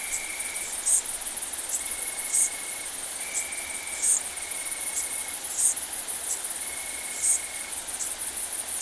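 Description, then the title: Insect chorus of bush crickets and tree crickets: a sizzling high-pitched drone punctuated by regular louder accents, with lower, pure, sustained trills that come and go. Mixed chorus of bush crickets, Italian tree crickets and great green bush-crickets recorded at Saignon, Vaucluse, France, in September 2000. "Sylvain Jaskowiak - Animus. Decticelles, grillons d'Italie, grandes sauterelles vertes - Saignon, Vaucluse - septembre 2000"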